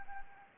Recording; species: mosquito wingbeat signal from an infrared sensor; Anopheles gambiae